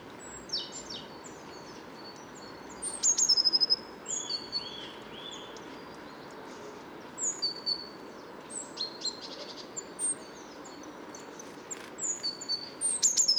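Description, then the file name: Great tit calls: high, sharp chirps and brief whistled notes, loosely grouped with pauses, above a constant hiss. "Parus major"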